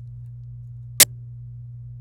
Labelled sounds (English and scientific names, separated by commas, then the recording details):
Domestic Canary (Serinus canaria) song
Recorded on 27 April 2018 at 05:01
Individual llb3